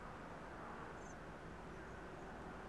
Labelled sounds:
Common Blackbird (Turdus merula)
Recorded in Germany
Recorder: ecoPi

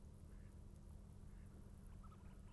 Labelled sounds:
Mallard (Anas platyrhynchos)
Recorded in Germany
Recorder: ecoPi

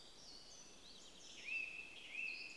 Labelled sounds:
Song Thrush (Turdus philomelos)
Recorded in Germany
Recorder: ecoPi

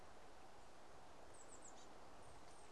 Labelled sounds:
Eurasian Blue Tit (Cyanistes caeruleus)
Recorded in Germany
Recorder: ecoPi

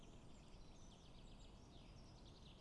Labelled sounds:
Common Chaffinch (Fringilla coelebs)
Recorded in Germany
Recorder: ecoPi

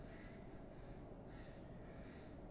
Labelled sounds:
Eurasian Blue Tit (Cyanistes caeruleus)
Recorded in Germany
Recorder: ecoPi

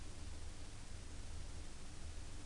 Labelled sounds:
none
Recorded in Germany
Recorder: ecoPi

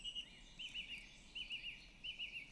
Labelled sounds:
Song Thrush (Turdus philomelos)
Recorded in Germany
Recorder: ecoPi

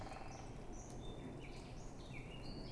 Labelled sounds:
Eurasian Blackcap (Sylvia atricapilla)
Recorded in Germany
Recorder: ecoPi

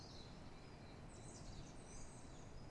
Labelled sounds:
Song Thrush (Turdus philomelos)
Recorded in Germany
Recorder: ecoPi

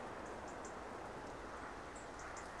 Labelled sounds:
Common Chiffchaff (Phylloscopus collybita)
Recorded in Germany
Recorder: ecoPi

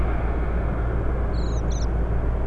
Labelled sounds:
Common Blackbird (Turdus merula)
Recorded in Germany
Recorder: ecoPi

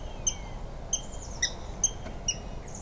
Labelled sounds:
Eurasian Blue Tit (Cyanistes caeruleus)
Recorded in Germany
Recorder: ecoPi

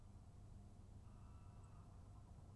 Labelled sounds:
Song Thrush (Turdus philomelos)
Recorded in Germany
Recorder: ecoPi

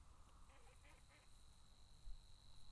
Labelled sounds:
Mallard (Anas platyrhynchos)
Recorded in Germany
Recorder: ecoPi

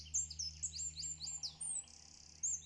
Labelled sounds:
Great Spotted Woodpecker (Dendrocopos major)
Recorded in Germany
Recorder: ecoPi

